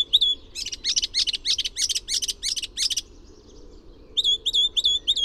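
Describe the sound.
Bird song: one clear whistle, then a long dense rattling trill, a short pause, and a series of whistled notes.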